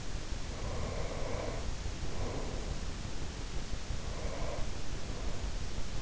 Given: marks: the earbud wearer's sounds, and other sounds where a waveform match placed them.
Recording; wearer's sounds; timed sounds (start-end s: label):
sounds in sleep by an in-ear microphone; breath
0.34-3.03 s: breath
3.94-5.63 s: breath